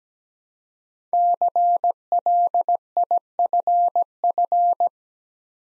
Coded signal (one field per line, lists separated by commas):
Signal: Morse code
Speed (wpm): 17 wpm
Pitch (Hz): 700 Hz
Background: none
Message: CLIFF